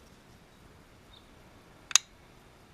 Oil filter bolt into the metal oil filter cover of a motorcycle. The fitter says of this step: It'll just pop into place.